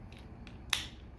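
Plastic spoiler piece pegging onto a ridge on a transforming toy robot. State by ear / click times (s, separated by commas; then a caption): seated / 0.7 s. A plastic spoiler piece is pegged over a ridge and pressed down while a transforming toy robot action figure is converted. A few faint taps come first, then a sharp, bright click at 0.7 s as the spoiler clicks into place, seated.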